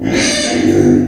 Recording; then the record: squeal of a Yucatan mini pig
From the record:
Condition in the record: before surgery on the right vocal fold (resection and tissue-engineered implant); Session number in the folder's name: 3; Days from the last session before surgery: 0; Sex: female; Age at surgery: 19 weeks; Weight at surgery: 25 kg